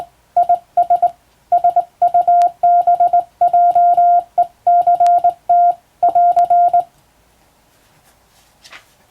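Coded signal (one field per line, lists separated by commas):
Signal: Morse code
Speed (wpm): 22 wpm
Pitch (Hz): 700 Hz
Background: none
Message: IS SUBJECT <AR>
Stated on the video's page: Morse practice sent by hand on a telegraph key by a first-class radiotelegraph operator, using a practice book for telegram sending.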